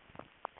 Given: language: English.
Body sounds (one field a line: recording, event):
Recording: throat vibration sensor signal played as sound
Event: swallow